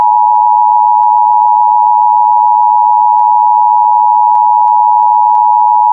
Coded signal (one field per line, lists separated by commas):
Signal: Emergency Alert System (SAME) tones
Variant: 853 and 960 Hz attention tone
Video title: EAS Tornado Warning for Sioux Iowa, Lyon Iowa, and Lincoln South Dakota (2008)(Remake)